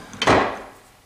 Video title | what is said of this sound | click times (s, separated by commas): Tactical Walls: "Hiding Your Guns in Plain Sight" | listen for the click raises up | 0.1 s, 0.2 s